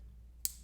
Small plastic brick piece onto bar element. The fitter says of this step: with a hopefully satisfying click